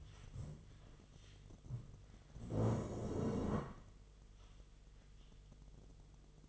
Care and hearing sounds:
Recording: daily activity, microphone in the room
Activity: stand up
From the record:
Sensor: 4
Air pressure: 1006.2 hPa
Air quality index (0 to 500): 98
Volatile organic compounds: 2 ppm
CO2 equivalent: 1218 ppm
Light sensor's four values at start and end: 12/28/11/10 and 12/28/11/10

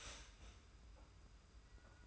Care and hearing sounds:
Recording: daily activity, microphone in the room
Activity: start toaster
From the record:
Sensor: 2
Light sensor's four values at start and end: 31/96/37/35 and 31/96/37/35

